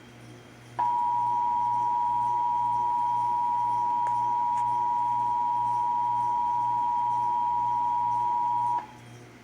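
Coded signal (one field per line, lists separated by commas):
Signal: Emergency Alert System (SAME) tones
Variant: 853 and 960 Hz attention tone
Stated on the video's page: 2023 National EAS Test as aired on Dallas–Fort Worth radio and TV stations.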